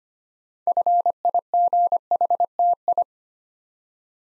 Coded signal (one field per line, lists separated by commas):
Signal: Morse code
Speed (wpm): 25 wpm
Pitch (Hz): 700 Hz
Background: none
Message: FIGHTI